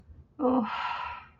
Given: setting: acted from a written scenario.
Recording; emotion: vocal sound without words; guilt